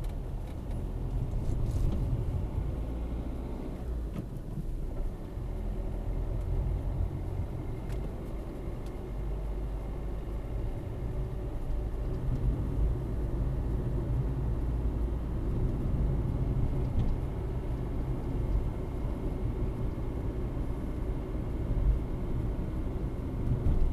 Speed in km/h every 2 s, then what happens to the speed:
24, 31, 31, 36, 39, 42, 43, 44, 45, 47, 47, 48.
0-10 speeds up to 42. 10-24 steady at about 45.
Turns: none.